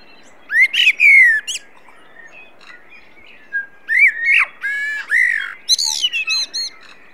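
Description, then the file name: Common blackbird: a brief whistled phrase with a squeaky tail, then after a gap a longer, varied warble with bright, high squeals. "Turdus merula"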